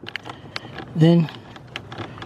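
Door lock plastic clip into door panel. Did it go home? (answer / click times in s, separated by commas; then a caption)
yes / 1.8 s. A plastic door lock clip on a Mercedes-Benz ML350, fitted during the left rear window motor and regulator replacement, is squeezed together and pushed into place in the door panel, with light handling ticks throughout. Someone talks briefly in the middle, and the clip snaps into place with a sharp click at 1.8 s.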